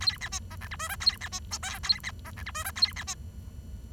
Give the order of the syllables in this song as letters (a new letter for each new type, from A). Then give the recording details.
A B C D E F G H A B C I J A B D E F G H A B C. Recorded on 23 June 2012 at 08:21. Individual gr41rd51